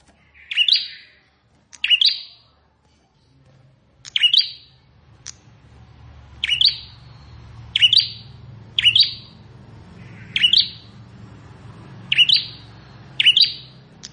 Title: Ciblek Sawah